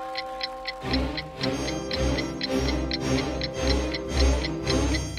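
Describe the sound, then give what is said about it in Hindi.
A clock ticks in a quick, steady rhythm of crisp, bright clicks, while sustained ringing chime tones and a low pulsing mechanism hum underneath. No voices are present. The clock chimes again and ten advisor figures come out of it. “घड़ी फिर बजी और बाहर आए 10 सलाहकार।”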